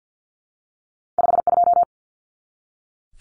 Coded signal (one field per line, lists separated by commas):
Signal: Morse code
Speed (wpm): 50 wpm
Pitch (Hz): 700 Hz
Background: none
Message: 52